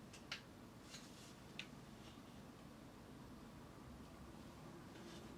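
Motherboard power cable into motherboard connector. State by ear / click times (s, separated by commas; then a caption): seated / 0.3 s, 1.6 s. A motherboard power cable that had not gone all the way into its motherboard connector on one side is pressed fully home in a PC build with an RTX 3060 Ti and a Ryzen 5600G. Two sharp clicks sound at 0.3 s and 1.6 s over a steady low hiss, and the cable is seated.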